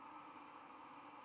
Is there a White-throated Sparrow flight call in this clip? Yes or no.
no